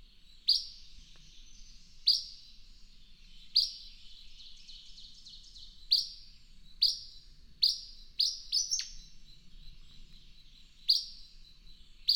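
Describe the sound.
Bird giving sharp, high chirps repeated about every one to two seconds, some notes in quick doublets, over a faint low hum.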